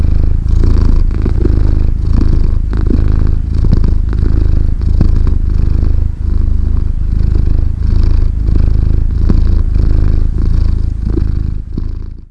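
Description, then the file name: Cat purring, a loud, deep, steady rumble pulsing rapidly throughout, with breathy rhythmic swells and no meows. "kissa"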